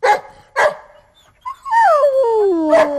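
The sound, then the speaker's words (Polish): Two sharp dog barks, then a long, high whining howl that slides slowly downward in pitch, with another bark breaking in near the end. No speech. “Na ten zestaw psy reagują swoim zestawem.”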